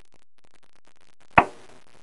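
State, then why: Seated. A RAM module is pressed further into a motherboard memory slot, and the memory retaining clip snaps closed with a single loud, sharp click at 1.4 s, likely the other side latching, after only a few very faint ticks. The module is seated and the clips now match.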